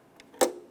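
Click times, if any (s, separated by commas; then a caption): none. A tail light wiring harness plug on a 2003–2007 Honda Accord is handled as it is brought up to be reconnected to the inner tail light assembly. A faint tick at about 0.2 s is followed by a louder, sharp broadband knock at about 0.4 s that fades out over the next few tenths of a second. The connector has not clicked in or seated yet.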